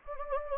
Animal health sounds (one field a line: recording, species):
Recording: mosquito wingbeat signal from an infrared sensor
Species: Anopheles gambiae